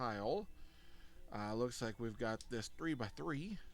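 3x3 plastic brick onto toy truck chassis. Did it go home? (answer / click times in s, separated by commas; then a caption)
no / none. A 3x3 plastic building brick is being handled over the specialized chassis of a Hot Wheels monster truck building set. Someone talks throughout, with no distinct click. Nothing has seated yet.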